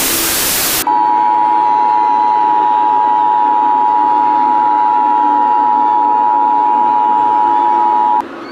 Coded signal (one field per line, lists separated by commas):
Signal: Emergency Alert System (SAME) tones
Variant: 853 and 960 Hz attention tone